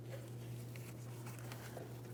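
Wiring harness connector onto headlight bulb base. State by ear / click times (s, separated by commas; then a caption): not seated / none. A wiring harness connector is handled beside the headlight low beam bulb of a 2003–2008 Toyota Matrix, right after the bulb has been twisted clockwise and locked in. The connector is picked up and lined up with its locking tabs facing the right way before being pressed onto the bulb base, giving only light handling taps around 0.8, 1.4 and 1.5 seconds over a steady low hum. Nothing has seated or clicked yet.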